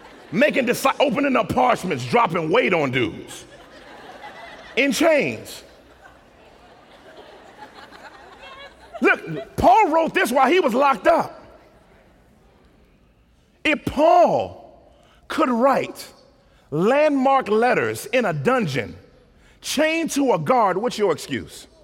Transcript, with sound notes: makin' disciples, openin' up the parsonage, dropping weight on dudes, in chains." [laughter] Paul wrote this while he was locked up! If Paul could write landmark letters in a dungeon, chained to a guard, what's your excuse?